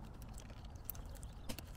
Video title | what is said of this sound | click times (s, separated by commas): Yota 1 Performance ARB Air Compressor Bracket Install | you push it in you push the white cam back this way it locks in place and you're good to go | 0.9 s